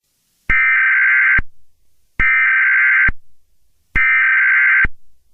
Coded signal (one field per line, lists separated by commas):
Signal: Emergency Alert System (SAME) tones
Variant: header bursts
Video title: Five nights at sonic’s ESCAPED! (my first ever EAS scenario